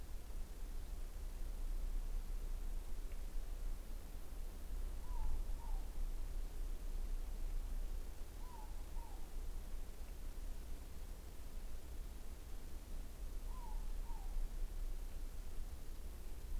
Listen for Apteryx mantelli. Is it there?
no